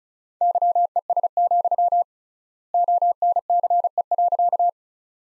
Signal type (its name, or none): Morse code